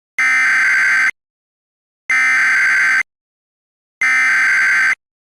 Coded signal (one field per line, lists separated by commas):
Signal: Emergency Alert System (SAME) tones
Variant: header bursts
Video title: EAS Mock - "Authority Madness"